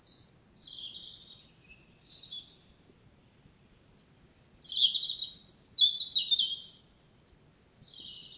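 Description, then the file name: European robin song: soft, high warbling notes building into a louder, rapid tumbling phrase of squeaky whistles, then fading to quieter twitters. "Erithacus rubecula"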